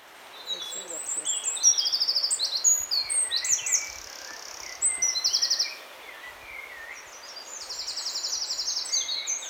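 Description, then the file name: Eurasian wren song: high, rapid trilled phrases and sharp chips, with buzzy rattles repeating many times a second amid bright overlapping notes. "Troglodytes troglodytes"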